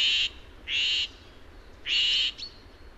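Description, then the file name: Eurasian jay uttering three coarse, noisy screeches, each up to about half a second, separated by brief gaps. "Garrulus glandarius"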